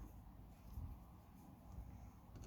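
A head unit removal key is pushed into the slot in the radio surround of a 2019 Volkswagen Polo head unit to lock it before pulling the unit out. There is low rumbling handling noise with a faint tap near the end. Nothing has clicked or locked yet.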